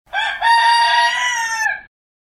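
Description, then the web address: Rooster crowing, one loud, harmonic cock-a-doodle-doo with a short first syllable and a long, steady drawn-out ending. "crowing"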